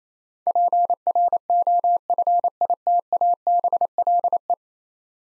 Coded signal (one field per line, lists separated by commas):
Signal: Morse code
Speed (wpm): 28 wpm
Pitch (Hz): 700 Hz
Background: none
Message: PROFITABLE